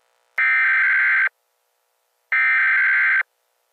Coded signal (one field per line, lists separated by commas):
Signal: Emergency Alert System (SAME) tones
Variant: header bursts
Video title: EAS SCENARIO: Cujo 6/13/2025. **HAS VALID TONES**